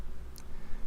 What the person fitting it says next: You should hear an audible snapping sound when the clip is attached.